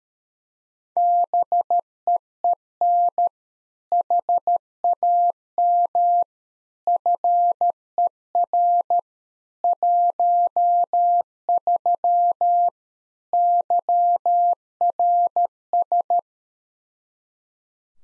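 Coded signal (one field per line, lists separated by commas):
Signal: Morse code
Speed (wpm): 13 wpm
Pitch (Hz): 700 Hz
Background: none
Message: BEEN HAM FER 13 YRS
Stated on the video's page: Morse practice QSO at 13 wpm, head-copy drill of the more-information segment: ham FER, age, occupation.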